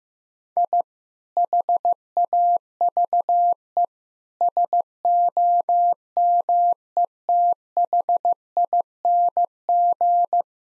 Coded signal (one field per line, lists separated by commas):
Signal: Morse code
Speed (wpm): 15 wpm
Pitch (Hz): 700 Hz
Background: none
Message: I HAVE SOMETHING